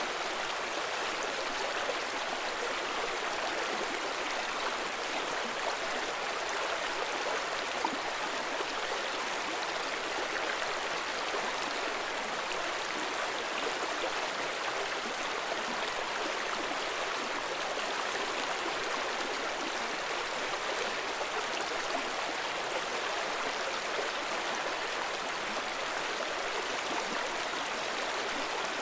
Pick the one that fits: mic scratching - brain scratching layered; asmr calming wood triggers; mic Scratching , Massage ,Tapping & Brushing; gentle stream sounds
gentle stream sounds